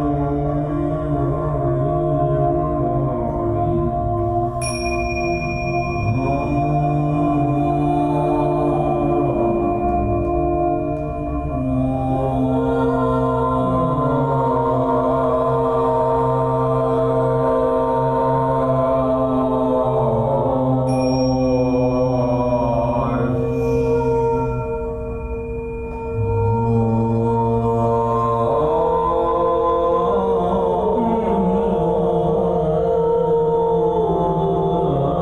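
Voices hum and sing together in long, sliding tones, accompanied by a crystal singing bowl. A bright, ringing bowl tone is struck near 5 and 21 seconds and sustains steadily above the voices. The sound stays full and continuous, dipping briefly around 25 seconds.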